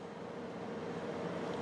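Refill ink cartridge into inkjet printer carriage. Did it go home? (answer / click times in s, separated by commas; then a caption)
no / none. Refill ink cartridges from a CIS are placed loosely into the carriage of an Epson WorkForce WF-2760, WF-2750, WF-2660 or WF-2650 inkjet printer before being pushed home. Only a steady, broadband background hum is heard, with no sudden sounds. Nothing has seated or clicked yet.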